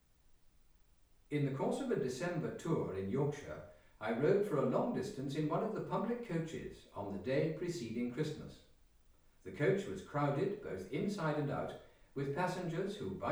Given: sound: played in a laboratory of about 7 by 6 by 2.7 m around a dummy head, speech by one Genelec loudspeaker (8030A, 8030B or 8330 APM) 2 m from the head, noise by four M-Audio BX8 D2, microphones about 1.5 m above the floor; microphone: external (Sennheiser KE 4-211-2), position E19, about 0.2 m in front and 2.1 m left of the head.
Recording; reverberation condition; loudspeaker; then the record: male speech in English; medium; 90 degrees to the right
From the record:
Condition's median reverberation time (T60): about 510 ms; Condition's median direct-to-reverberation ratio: about -0.5 dB